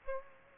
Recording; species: mosquito wingbeat signal from an infrared sensor; Aedes aegypti